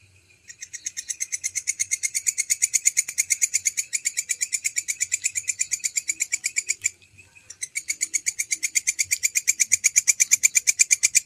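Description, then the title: Canary song: a long, rapid trill of sharp, buzzy notes, steady and evenly paced, with a brief pause near seven seconds before the trill resumes. Long-duration song used as masteran (bird tutor) material. "Kicauan Kenari Durasi Panjang"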